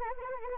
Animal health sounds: mosquito wingbeat signal from an infrared sensor; Anopheles arabiensis

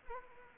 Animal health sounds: mosquito wingbeat signal from an infrared sensor; Anopheles arabiensis

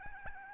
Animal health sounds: mosquito wingbeat signal from an infrared sensor; Aedes albopictus

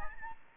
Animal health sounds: mosquito wingbeat signal from an infrared sensor; Aedes albopictus

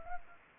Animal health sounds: mosquito wingbeat signal from an infrared sensor; Anopheles arabiensis

